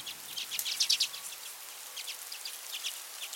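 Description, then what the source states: Common redpoll calls as a fast burst of dry, buzzy chips near the start, then scattered softer ticks against constant hiss. Nominate subspecies flammea.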